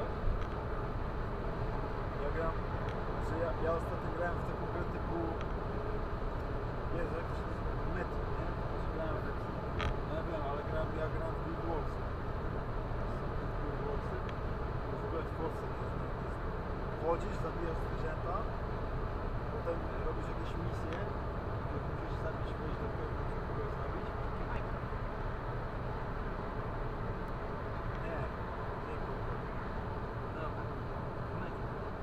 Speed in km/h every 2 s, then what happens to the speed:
114, 114, 114, 115, 115, 115, 115, 115, 115, 115, 115, 115, 113, 110, 109, 107.
0-22 steady at about 115. 22-32 slows to 107.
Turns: none.